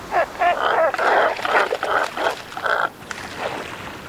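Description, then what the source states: Cormorant croaking: hoarse, grunting croaks repeated in irregular bursts. Croaking at neighbors while loafing.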